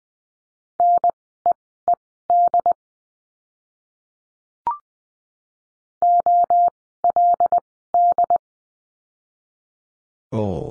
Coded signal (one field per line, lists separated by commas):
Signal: Morse code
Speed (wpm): 20 wpm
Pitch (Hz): 700 Hz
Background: none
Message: NEED OLD